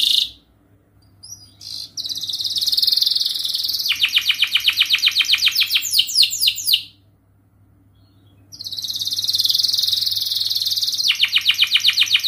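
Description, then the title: Canary song: a dense high buzzy trill, then rapid repeated notes and fast sweeps, a pause, and another long buzzy trill with rapid repeated notes. Gacor canary song with cengkok and isian phrases, used for kicaumania training. "Kenari Gacor Cengkok Isian Kenarigacor Kicaumania Kenari"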